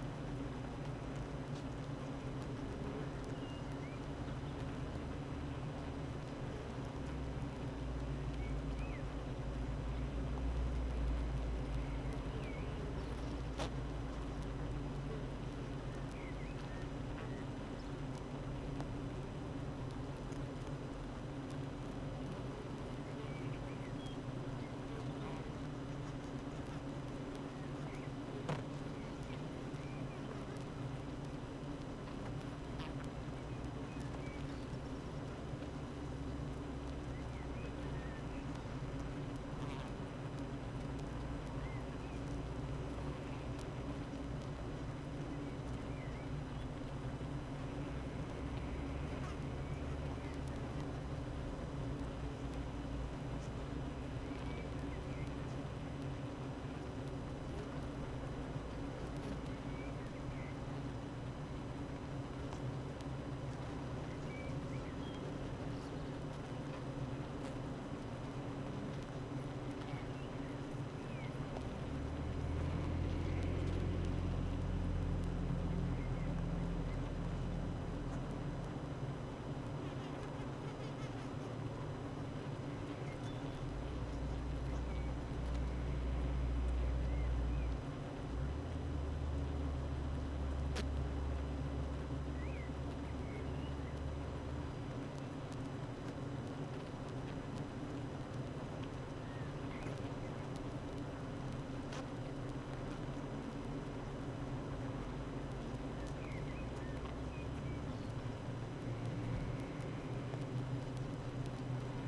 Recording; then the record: honeybee colony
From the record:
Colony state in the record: active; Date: 12 June 2018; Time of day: 8:45